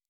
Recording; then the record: hydrophone in a shrimp aquaculture tank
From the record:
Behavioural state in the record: normal